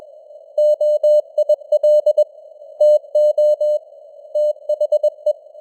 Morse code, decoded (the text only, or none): OIL TO THE